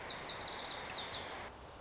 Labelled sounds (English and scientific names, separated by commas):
Lazuli Bunting (Passerina amoena)